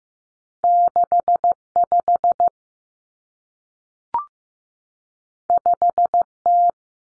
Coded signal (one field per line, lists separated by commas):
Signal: Morse code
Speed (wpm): 15 wpm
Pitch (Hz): 700 Hz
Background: none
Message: 65 5T